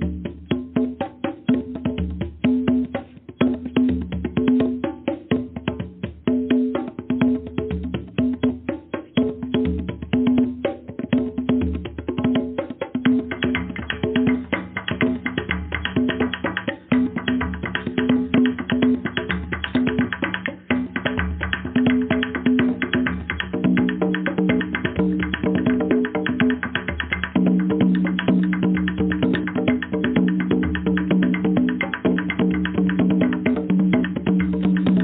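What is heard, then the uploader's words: Steady, fast drumming runs throughout, a dense stream of hits with little pause. Low, booming strokes sit under sharper sounds, and a ringing tone shifts in pitch around the middle, thickening after about 27 seconds. The sound is dull, with little brightness at the top. Drumming: Powerful. Drumming vibrations.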